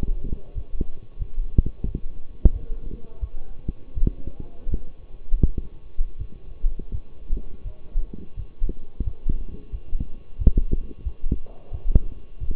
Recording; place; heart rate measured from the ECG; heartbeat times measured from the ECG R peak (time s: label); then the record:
heart sounds by stethoscope; between the tricuspid and mitral areas; 86 bpm
0.54 s: heartbeat
1.19 s: heartbeat
1.85 s: heartbeat
2.52 s: heartbeat
3.20 s: heartbeat
3.94 s: heartbeat
4.68 s: heartbeat
5.41 s: heartbeat
6.17 s: heartbeat
6.91 s: heartbeat
7.63 s: heartbeat
8.35 s: heartbeat
9.04 s: heartbeat
9.71 s: heartbeat
10.38 s: heartbeat
11.04 s: heartbeat
11.71 s: heartbeat
12.39 s: heartbeat
From the record:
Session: walking at 3.7 km/h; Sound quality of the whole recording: partially saturated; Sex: male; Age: 24 years